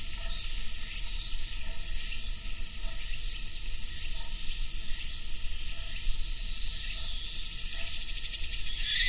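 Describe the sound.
Cicadas give a steady, high, hissing drone that holds unbroken through the whole stretch, with faint soft pulses lower down and a low rumble beneath.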